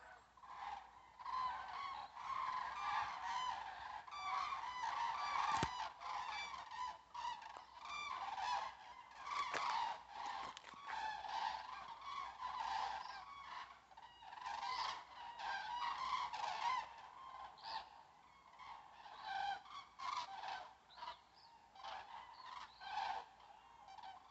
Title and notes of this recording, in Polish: Żurawie nad lasem. Stado żurawi przelatujące nad leśną drogą.